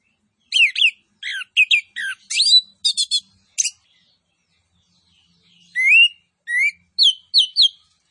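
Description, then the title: Orange-headed thrush delivering clipped, high chattering notes in quick groups, a pause, then sweeping whistled upslurs repeated several times. Song with full fill-in phrases and cililin-style bursts, used for training. "Anis Kembang Gacor. MASTERAN ANIS KEMBANG ISIAN FULL DENGAN TEMBAKAN CILILIN"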